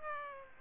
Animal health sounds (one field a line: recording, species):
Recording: mosquito wingbeat signal from an infrared sensor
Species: Aedes aegypti